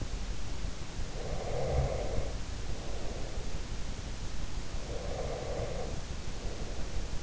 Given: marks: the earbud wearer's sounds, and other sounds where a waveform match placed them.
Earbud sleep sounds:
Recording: sounds in sleep by an in-ear microphone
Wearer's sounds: breath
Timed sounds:
1.05-4.00 s: breath
4.78-7.21 s: breath

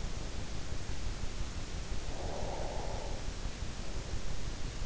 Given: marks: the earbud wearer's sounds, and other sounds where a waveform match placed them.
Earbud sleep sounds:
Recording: sounds in sleep by an in-ear microphone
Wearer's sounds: breath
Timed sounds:
1.90-3.75 s: breath

